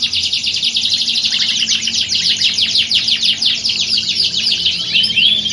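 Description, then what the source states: Canary pouring out an unbroken stream of fast, rattling trills and sharp chirps, ending with a slurred whistled note. Belgian canary warm-up song used to prepare canaries for singing contests, a contest simulation meant to train the mental readiness of champion contest canaries.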